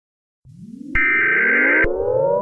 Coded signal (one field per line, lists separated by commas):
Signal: Emergency Alert System (SAME) tones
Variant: header bursts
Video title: EAS Scenario #99: Cacophony